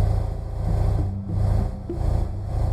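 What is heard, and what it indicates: Steady low, pulsing rumble like an idling washing machine just before it starts to spin, simulating an adult's very mild, low-pitched tinnitus.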